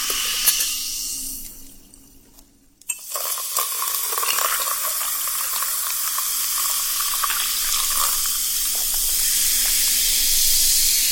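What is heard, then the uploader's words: Sparkling soda water fizzes with a dense, bright hiss full of tiny crackling pops. The fizz fades almost to silence around two to three seconds, a sharp click follows, and then the hiss returns and builds steadily louder and brighter to the end. The freshness of sparkling soda water.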